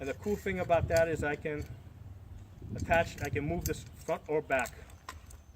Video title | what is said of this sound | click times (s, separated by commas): Tactical Equipment Overview for Getting Started | attach it just quickly lock into place then I can operate this with the thumb switch okay now | 5.1 s